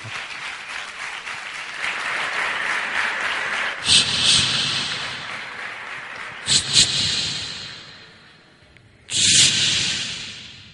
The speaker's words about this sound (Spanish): Pues nuestro alcalde Maite, en representación tanto del ayuntamiento como de la asociación Hispal, fuerte aplauso a todos ellos.